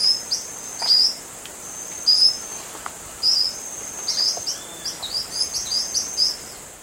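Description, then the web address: Dusky-billed parrotlet calls: short, high, sharp chirps given singly and in quick clusters, over a steady high insect drone. Eastern lowlands of South America. "Natures Songs S America Eastern Lowlands 110 Dusky-billed Parrotlet"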